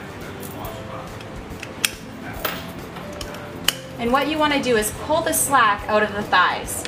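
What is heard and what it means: Metal harness buckle tongues are pushed into the crotch buckle of an infant car seat with a child in it, giving two loud, very sharp metallic clicks at 1.8 s and 3.7 s. Quieter taps come before and between them, and from about 4 s someone talks. Both tongues seat in the buckle.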